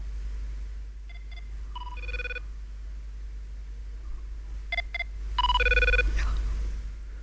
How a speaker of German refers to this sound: Alleine nur deswegen muss man die Serie gucken, damit man den internen Klingelton von der Cisco Systems Telefonanlage hören kann.